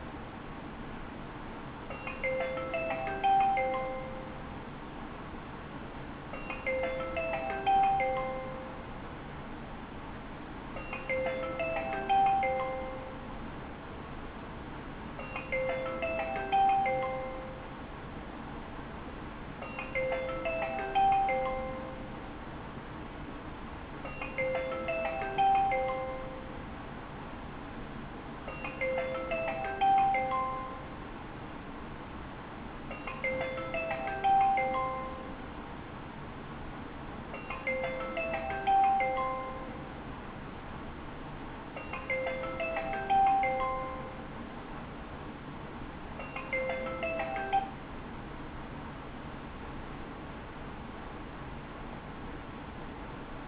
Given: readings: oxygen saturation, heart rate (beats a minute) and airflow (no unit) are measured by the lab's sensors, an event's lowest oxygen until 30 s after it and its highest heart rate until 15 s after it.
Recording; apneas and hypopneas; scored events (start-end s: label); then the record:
a person awake in a sleep study, by a voice recorder at the bedside; none
0.00-53.48 s: awake
From the record:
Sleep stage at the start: awake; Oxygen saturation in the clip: 94 to 96%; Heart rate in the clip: 68 to 75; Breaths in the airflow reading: 21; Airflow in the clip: -6.5 to 7.9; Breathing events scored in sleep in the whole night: 216 in 7.0 hours asleep